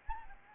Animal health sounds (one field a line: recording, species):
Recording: mosquito wingbeat signal from an infrared sensor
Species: Anopheles gambiae